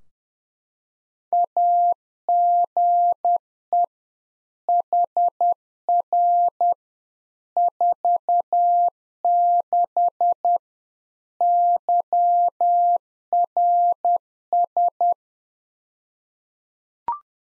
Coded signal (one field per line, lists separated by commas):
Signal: Morse code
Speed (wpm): 10 wpm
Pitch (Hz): 700 Hz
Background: none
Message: AGE HR 46 YRS